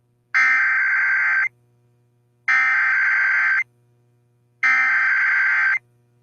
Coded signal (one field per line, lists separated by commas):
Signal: Emergency Alert System (SAME) tones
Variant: header bursts